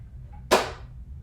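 The latch on the hard storage case of a Baby Lock Chorus sewing machine snaps shut with one sharp, bright click at 0.5 s, followed by a brief ringing decay over a low, quiet background. The case closes and the latch seats firmly, solid rather than flimsy.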